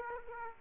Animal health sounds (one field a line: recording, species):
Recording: mosquito wingbeat signal from an infrared sensor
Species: Aedes aegypti